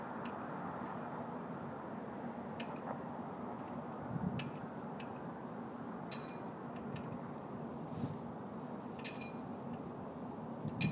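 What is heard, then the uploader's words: A flagpole by a waterfront street, with sharp metallic clinks ringing out irregularly every second or two over a steady, dense low rumble of wind and traffic. A few clinks land louder and brighter, near the fourth, eighth and ninth seconds. Flagpole on kent street at Williamsburg Waterfront by thenycnomad.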